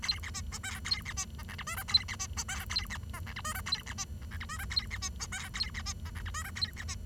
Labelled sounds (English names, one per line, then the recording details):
Bengalese Finch song
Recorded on 23 June 2012 at 09:28
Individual gr41rd51